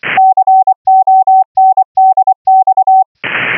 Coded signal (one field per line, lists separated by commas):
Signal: Morse code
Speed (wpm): 24 wpm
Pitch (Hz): 760 Hz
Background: none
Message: CONDX